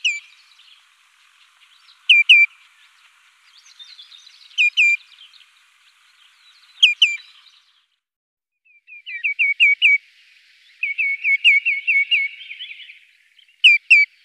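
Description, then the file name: Common greenshank calls: ringing downslurred whistles in pairs and triplets, repeated every few seconds, then a faster run of similar notes, with faint softer calls between. "chevalier aboyeur"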